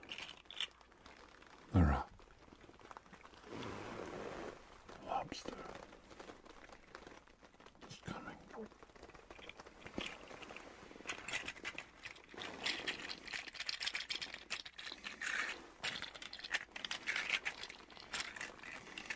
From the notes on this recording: the gentle sounds of his leather coat and a beautiful land octopus